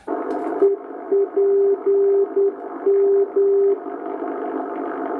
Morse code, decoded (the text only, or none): EPM